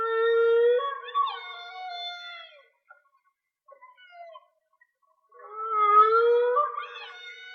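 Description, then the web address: Whale song: a long, low harmonic moan with a falling upper note, faint squeaks in the quiet middle, then a rising moan. Linked to a whale and dolphin watching page; mono. "Whale Song-colin. whale dolphin watching"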